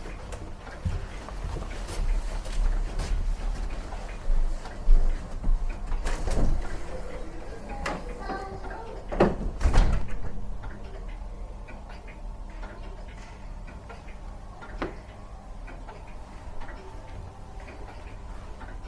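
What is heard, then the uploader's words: Many clocks tick at once in an indoor room, their overlapping beats forming a dense, uneven patter of sharp clicks. Louder knocks and a brief ringing tone stand out around five and ten seconds, then the ticking settles quieter over a low steady hum. Recording made of the 'Clock Room' at the Royal Albert Memorial Museum in Exeter. The room contained a variety of different timepieces from grandfather clocks and pocket-watches to more antiquated mechanisms. I moved slowly around the room to take in different combinations of ticking sounds.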